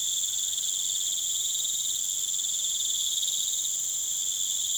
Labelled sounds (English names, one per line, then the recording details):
none
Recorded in pastures near Puerto Asís, Putumayo, Colombia, on 29 June 2025 at 19:30
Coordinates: 0.486, -76.323
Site H29